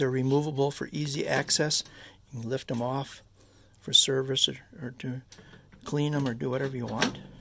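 A removable card dispenser holding about 160 cards is handled at a Model 5004C card vending machine with credit card acceptance, lifted off for service or cleaning and about to be set back in to lock into place so it's secure. Someone talks throughout, with short pauses between phrases. Nothing has seated or clicked yet.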